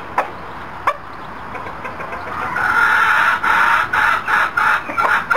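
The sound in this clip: Chicken calls: two sharp clicks, then a run of repeated mid-pitched notes.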